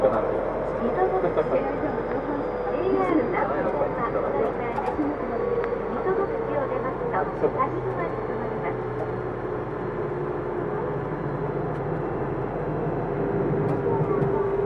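A Tokyu 2000 series train runs between Shibuya and Azamino, its low rumble steady and dense throughout. A faint mid-pitched motor whine holds and slowly shifts, with scattered clicks and rattles, and a murmur of voices underneath.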